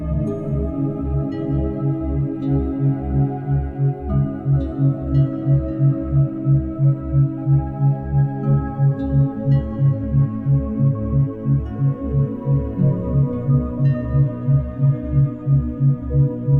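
Binaural beats at 528Hz over a deep, pulsing drone that throbs at a steady, quick rate through all seventeen seconds. Soft ringing tones, like struck bowls, bloom every second or two and fade slowly above the constant low hum.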